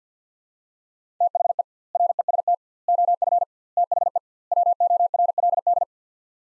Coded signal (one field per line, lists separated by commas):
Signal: Morse code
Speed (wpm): 50 wpm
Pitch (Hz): 700 Hz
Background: none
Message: THE REST OF THE WORLD